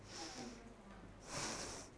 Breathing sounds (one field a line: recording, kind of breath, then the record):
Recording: one breath in and out by a microphone near the nose and mouth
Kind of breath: deep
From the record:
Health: marked as sick, illness not named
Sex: female